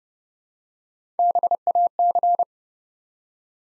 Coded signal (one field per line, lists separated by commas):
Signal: Morse code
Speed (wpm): 30 wpm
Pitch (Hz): 700 Hz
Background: none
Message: BAC